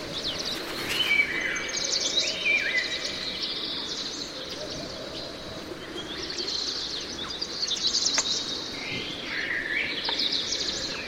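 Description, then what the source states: Tristram's starling giving hooked, slurred whistles, with more whistles later, amid dense, busy high-pitched bird chatter throughout. More than one bird.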